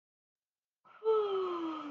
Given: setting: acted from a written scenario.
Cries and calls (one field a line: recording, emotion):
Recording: vocal sound without words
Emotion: serenity